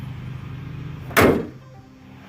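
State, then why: Partly seated. After a hood release cable repair and WD-40 lubrication, the steel hood of a Jeep Comanche pickup truck is dropped shut onto its two-sided hood latch. A loud metallic slam at 1.2 s cuts through a low steady hum and fades over about a third of a second. Only one side of the latch catches; the hood has to be set down and pushed to latch fully.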